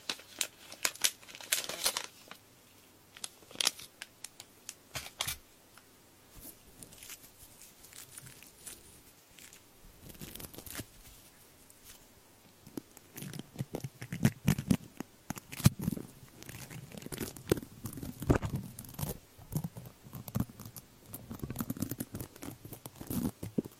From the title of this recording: earpick to help you remove earwax